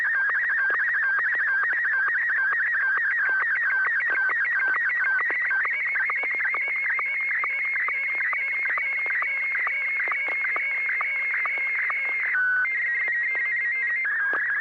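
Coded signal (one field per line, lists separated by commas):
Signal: SSTV (slow-scan television)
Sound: warbling, scratchy tone with rapid regular ticks, like a slowly scanning image transmission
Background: low hum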